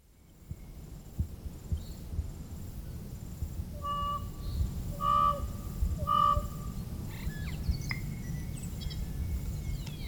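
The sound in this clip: Tui song of three steady, rich harmonic notes, followed by quick clicks and sweeping squeaky notes over a low rumble.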